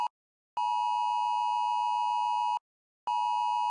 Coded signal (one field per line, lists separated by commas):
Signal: Emergency Alert System (SAME) tones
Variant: 853 and 960 Hz attention tone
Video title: EAS #137/148 - 2023 National Periodic Test - (10/04/2023)